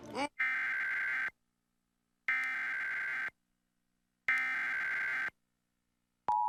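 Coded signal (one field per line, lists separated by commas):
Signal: Emergency Alert System (SAME) tones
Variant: header bursts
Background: speech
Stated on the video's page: Real flood warning EAS activations, personally recorded off air.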